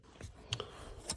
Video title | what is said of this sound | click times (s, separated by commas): Honda Civic Seat Belt Rattle Fix 2022 11th Generation | okay so I got actually two clicks | 0.5 s, 0.6 s